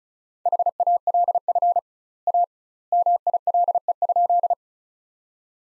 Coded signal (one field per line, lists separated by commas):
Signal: Morse code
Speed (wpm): 34 wpm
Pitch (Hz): 700 Hz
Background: none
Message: HALF A MILE?